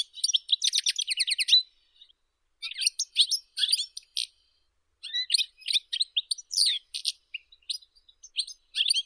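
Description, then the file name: European goldfinch song opening with a quick buzzy trill, followed by scattered twittering and chirping phrases broken by short gaps. "Golosa ptic - CSHegol Carduelis carduelis"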